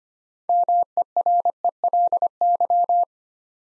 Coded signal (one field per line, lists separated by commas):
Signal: Morse code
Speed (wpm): 25 wpm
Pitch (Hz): 700 Hz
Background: none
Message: MERELY